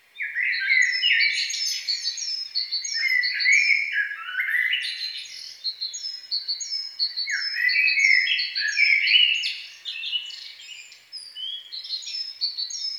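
Songbird singing a rich, varied warbling song with tumbling notes and a steady series of high, thin repeated notes above it.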